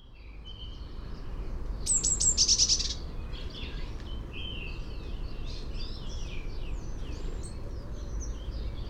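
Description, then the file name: Eurasian blue tit call: a short burst of high thin notes running into a rapid buzzy churr lasting about a second, with other small birds chirping softly afterward and steady low background rumble. "Cyanistes caeruleus"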